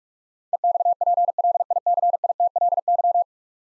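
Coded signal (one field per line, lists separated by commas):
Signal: Morse code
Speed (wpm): 46 wpm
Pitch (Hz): 700 Hz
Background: none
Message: EXPLICITLY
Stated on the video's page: Head-copy drill of ten-letter words at 45 wpm, each word sent in Morse, spoken, then sent again.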